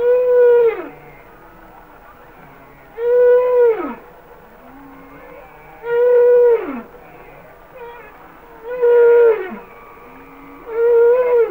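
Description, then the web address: Humpback whale song: a regular series of loud moans, each sliding downward at the end, repeated about every three seconds with soft rising notes between. "Whale Songs Sounds of Nature - Humpback Whales"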